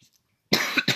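After a brief silence, an adult gives a harsh, noisy cough in two quick bursts, right after taking a couple of hits while smoking weed.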